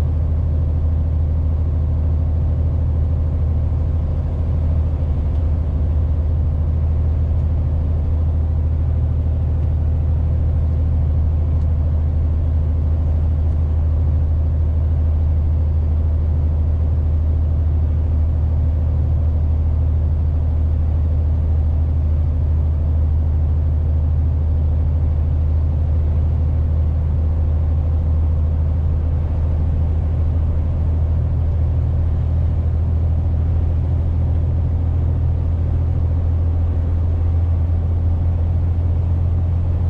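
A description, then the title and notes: A truck engine drones at a steady low pitch, a deep constant rumble with faint higher whine lines that barely change over forty seconds. Truck driver sound.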